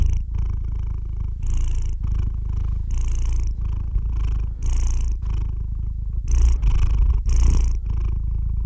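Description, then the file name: Cat purring in a steady low rumble, swelling louder with each breath, with soft breathy hiss on the louder phases. "Purr Tims"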